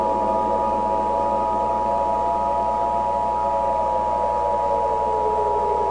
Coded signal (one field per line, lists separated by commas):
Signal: Emergency Alert System (SAME) tones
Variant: 853 and 960 Hz attention tone